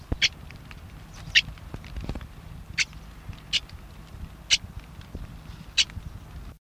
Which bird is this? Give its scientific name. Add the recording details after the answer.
Acrocephalus scirpaceus. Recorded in the wild. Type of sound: alarm call. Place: Meisendorf, Niedersachsen, DE. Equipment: Halbspur, 9,5 cm/s. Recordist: Lütgens, Hans. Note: Warnruf